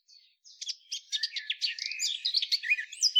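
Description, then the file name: Eurasian blackcap song, a quiet, quick chattering warble that grows louder, mixing scratchy notes with a few clear rising whistles. "Sylvia atricapilla"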